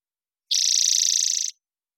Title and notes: Spotted Towhee Song. Recorded in the beautiful Pacific Northwest, Washington, United States